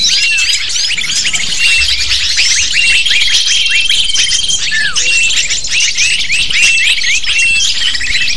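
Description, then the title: Lovebirds chattering, with rapid high-pitched chirps and curved squeaks packed together into a steady shrill babble. Calls used as a lure (pikat) to attract lovebirds. "PIKAT BURUNG LOVEBIRD"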